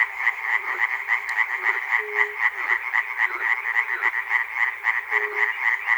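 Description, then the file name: Frog chorus of rapid repeated croaks, roughly four pulses each second, continuous and overlapping, with a brief low steady note now and then. Frogs recorded at Chernobyl. "peter cusack-chernobyl frogs"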